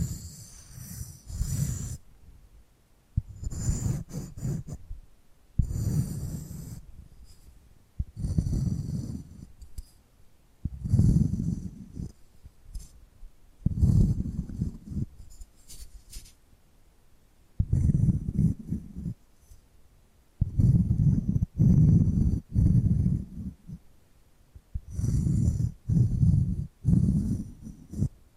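Hypnotic tapping and scratching in repeated bursts every couple of seconds, each a dense low rustle with brighter scratchy edges, separated by brief quiet gaps.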